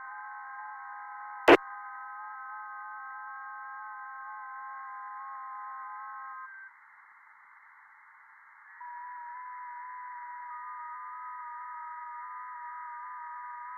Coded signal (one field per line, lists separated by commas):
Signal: FT8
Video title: 2025-07-12 1800 [VOD] Music, Ham Radio VOX & FT8 - Offline Worldwide Comms from the Edge of the Net